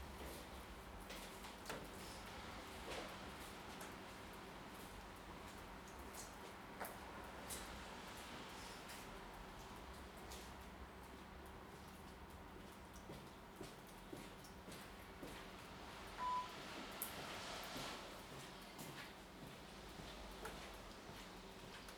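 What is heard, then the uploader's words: Monkseaton Metro station on a Monday morning: a steady, dense low rumble and hiss fills the whole stretch, with faint murmurs that may be voices. Scattered short clicks and knocks break through irregularly, and a brief louder swell arrives around sixteen to eighteen seconds. Monkseaton Metro, Monday morning.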